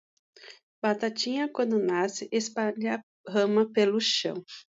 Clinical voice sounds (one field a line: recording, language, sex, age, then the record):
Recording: short text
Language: Brazilian Portuguese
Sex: female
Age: 40 to 49 years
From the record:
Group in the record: control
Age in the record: 40 years